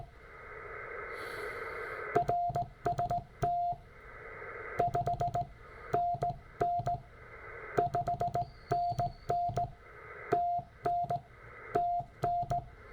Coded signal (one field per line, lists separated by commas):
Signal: Morse code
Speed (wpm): 17 wpm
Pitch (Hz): 700 Hz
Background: radio noise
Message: RST 5NN 5NN TN TN